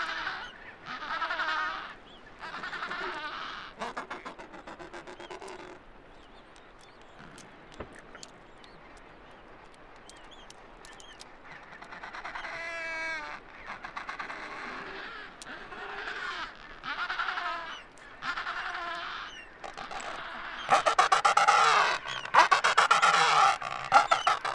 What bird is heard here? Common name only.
Adelie Penguin